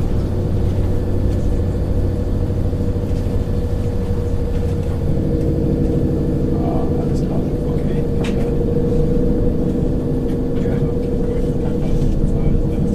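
Inside a train at night, a steady low rumble and hum fill the carriage, with a faint whirring tone sitting above the drone. The level stays even throughout, and a few soft clicks and muffled voice-like sounds surface around the middle.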